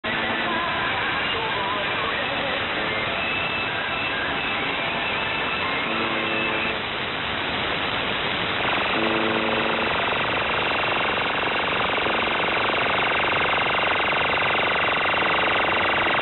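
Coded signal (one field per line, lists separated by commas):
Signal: channel marker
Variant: UVB-76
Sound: harsh rasping buzz through the clip over radio noise, with faint whistling tones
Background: radio static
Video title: Uvb 76 The Buzzer / Print mao zedong October 25, 2022 07:30 UTC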